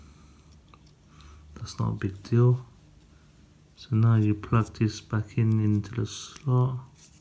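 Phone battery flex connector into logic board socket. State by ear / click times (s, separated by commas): not seated / none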